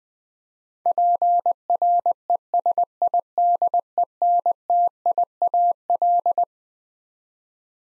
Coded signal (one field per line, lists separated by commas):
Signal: Morse code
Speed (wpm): 20 wpm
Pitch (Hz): 700 Hz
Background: none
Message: PRESIDENTIAL